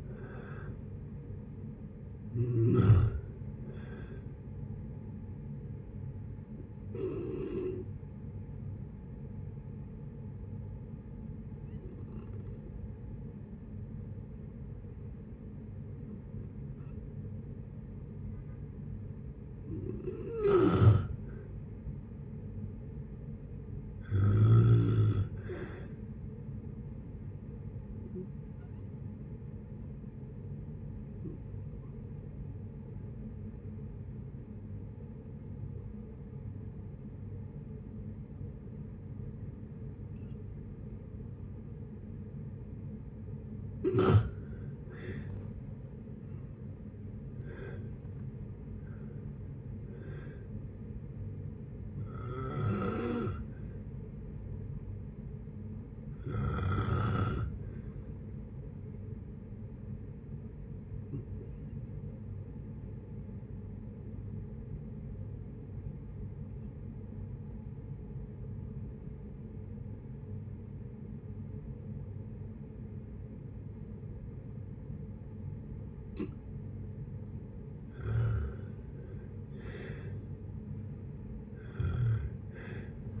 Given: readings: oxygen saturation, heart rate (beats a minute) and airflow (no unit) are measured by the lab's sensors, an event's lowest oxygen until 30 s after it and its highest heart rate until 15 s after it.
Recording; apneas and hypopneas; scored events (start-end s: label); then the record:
breathing in sleep by a smartphone at the bedside; 3
5.00-21.30 s: hypopnea (N2, oxygen 93% highest, then 90% lowest, heart rate 70 at the start, 70 highest)
28.00-44.70 s: hypopnea (N2, oxygen 95% highest, then 84% lowest, heart rate 62 at the start, 75 highest)
37.00-67.00 s: new sleep stage, N1 (lightest sleep)
63.00-78.60 s: obstructive apnea (N1, oxygen 96% highest, then 84% lowest, heart rate 58 at the start, 79 highest)
67.00-83.20 s: new sleep stage, N2 (light sleep)
From the record:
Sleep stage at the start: N2 (light sleep); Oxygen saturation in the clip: 77 to 96%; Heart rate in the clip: 57 to 75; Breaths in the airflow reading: 16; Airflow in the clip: -8.3 to 16.4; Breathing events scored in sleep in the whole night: 496 in 5.4 hours asleep